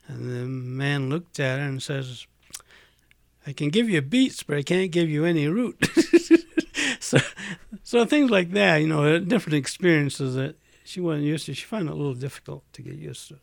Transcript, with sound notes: And the man looked at her and says, "I can give you beets, but I can't give you any root." ( he laughs ) So things like that, different experiences that she wasn't used to. She found that a little difficult to get used to.